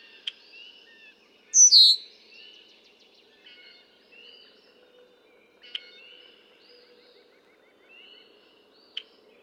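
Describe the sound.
Red-winged blackbird calling with a single strong whistle that drops steeply in pitch, surrounded by quiet chirps and short clicks.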